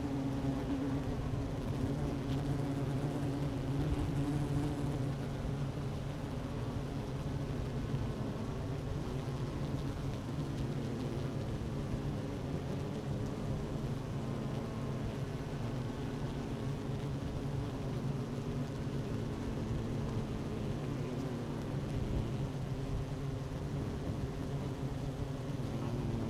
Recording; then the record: honeybee colony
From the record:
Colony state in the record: active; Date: 12 June 2018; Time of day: 11:40